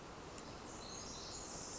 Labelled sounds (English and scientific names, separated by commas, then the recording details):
Pacific Wren (Troglodytes pacificus)
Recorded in Sonoma County, California